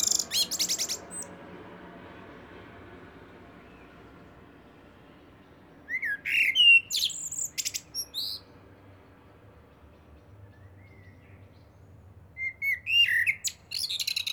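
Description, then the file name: Eurasian blackbird song: high chittering at the start, then two phrases of fluted warbling ending in thin, high chittering, spaced several seconds apart over a quiet background. "Turdus merula"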